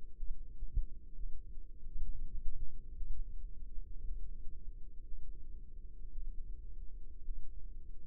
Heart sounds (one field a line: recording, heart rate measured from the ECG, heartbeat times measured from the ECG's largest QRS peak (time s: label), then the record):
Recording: heart sounds by microphone in the left ear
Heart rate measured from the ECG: 59 bpm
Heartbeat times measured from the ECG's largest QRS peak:
0.16 s: heartbeat
1.15 s: heartbeat
2.00 s: heartbeat
2.96 s: heartbeat
4.04 s: heartbeat
5.03 s: heartbeat
6.12 s: heartbeat
7.24 s: heartbeat
From the record:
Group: healthy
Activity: rest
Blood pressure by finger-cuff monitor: 96/56 mmHg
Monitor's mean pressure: 69 mmHg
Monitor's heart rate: 60 bpm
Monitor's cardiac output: 5.7 L/min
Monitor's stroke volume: 91 mL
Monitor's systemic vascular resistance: 880 dyn s/cm5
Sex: female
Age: 28 years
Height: 170 cm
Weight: 77 kg